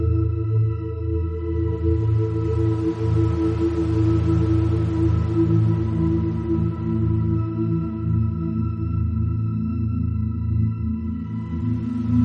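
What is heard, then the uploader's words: Gamma binaural waves: a steady, ringing drone of layered tones like a singing bowl, with a low hum and soft airy hiss mid-clip. GAMMA BINAURAL WAVES.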